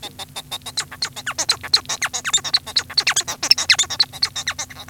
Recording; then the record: song of a male Bengalese finch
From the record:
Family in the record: son of father 1